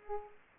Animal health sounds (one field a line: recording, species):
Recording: mosquito wingbeat signal from an infrared sensor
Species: Culex pipiens